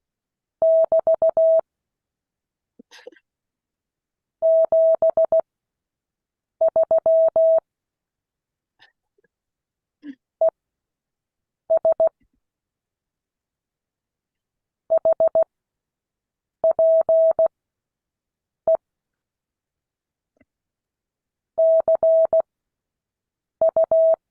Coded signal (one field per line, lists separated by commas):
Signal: Morse code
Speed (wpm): 16 wpm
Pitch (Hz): 650 Hz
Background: none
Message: <BT> 73 ES HPE CU